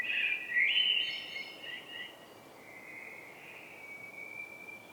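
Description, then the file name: Common blackbird calls with a loud, scratchy burst of notes that settles into a long, thin, level tone trailing away; steady hiss in the background. "Turdus merula"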